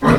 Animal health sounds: pig call; piglet (1 to 25 days)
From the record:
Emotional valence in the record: positive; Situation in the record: reunion after long isolation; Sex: female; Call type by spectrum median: low-frequency call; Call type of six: low-frequency tonal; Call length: 0.19 s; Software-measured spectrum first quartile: 239 Hz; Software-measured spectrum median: 496 Hz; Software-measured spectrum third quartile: 1136 Hz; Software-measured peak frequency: 242 Hz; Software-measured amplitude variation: 94 dB a second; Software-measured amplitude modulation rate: 23.2 a second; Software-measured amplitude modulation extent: 4.0 dB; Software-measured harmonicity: -0.7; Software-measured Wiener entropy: -1.17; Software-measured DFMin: 746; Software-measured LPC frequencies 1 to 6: 1142, 1837, 4010, 4885, 5681, 6418 Hz

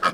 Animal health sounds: pig call; piglet (1 to 25 days)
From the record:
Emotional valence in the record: positive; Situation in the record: before nursing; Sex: male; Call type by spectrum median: low-frequency call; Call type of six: low-frequency tonal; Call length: 0.13 s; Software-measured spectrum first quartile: 1124 Hz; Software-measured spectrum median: 1346 Hz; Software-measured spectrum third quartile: 2071 Hz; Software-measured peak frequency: 1273 Hz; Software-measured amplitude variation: 196 dB a second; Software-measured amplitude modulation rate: 11.2 a second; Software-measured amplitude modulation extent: 17.5 dB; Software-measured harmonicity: 4.3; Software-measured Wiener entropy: -1.20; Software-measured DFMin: 579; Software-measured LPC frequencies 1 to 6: 1264, 1638, 2494, 3223, 4641, 6698 Hz

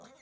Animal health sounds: pig call; piglet (1 to 25 days)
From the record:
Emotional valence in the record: negative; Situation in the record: long isolation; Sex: male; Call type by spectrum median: low-frequency call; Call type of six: mixed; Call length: 0.22 s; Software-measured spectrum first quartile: 562 Hz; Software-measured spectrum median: 1362 Hz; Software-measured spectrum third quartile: 4410 Hz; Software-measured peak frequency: 224 Hz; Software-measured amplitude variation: 87 dB a second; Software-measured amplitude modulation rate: 13.4 a second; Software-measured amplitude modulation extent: 6.5 dB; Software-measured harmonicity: 4.3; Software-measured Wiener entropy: -2.06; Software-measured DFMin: 1074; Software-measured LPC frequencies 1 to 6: 605, 1293, 2080, 3820, 5816, 6715 Hz

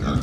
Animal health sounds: pig call; growing-finishing pig (85 days or more)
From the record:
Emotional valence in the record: positive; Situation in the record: run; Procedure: transit

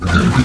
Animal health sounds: pig call; growing-finishing pig (85 days or more)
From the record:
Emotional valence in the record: positive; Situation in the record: enriched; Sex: female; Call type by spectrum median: low-frequency call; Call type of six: low-frequency modulated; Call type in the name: low-frequency modulated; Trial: 2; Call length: 0.45 s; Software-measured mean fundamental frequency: 50 Hz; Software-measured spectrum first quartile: 159 Hz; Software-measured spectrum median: 399 Hz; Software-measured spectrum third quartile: 1615 Hz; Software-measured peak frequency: 188 Hz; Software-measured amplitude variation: 148 dB a second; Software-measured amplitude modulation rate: 14.4 a second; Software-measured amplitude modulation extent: 10.3 dB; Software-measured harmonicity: 2.7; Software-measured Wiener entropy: -2.09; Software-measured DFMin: 956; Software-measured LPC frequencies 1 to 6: 1394, 2348, 3544, 4284, 5769, 6531 Hz

